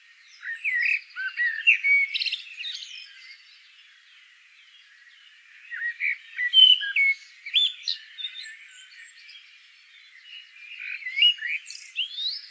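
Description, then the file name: Common blackbird song: a rich warbled phrase with a high twittering end, a long lull, then further fluty phrases and squeaks. "Turdus merula"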